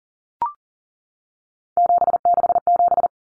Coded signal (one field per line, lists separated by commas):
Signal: Morse code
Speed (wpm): 40 wpm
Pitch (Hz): 700 Hz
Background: none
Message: 767